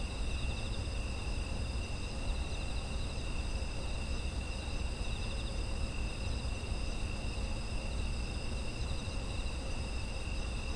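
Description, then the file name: Insect chorus of overlapping high, steady trills, some with a faint pulsing texture, running continuously above a deep rumbling noise. Ambient sound of insects in autumn. "秋の虫の環境音"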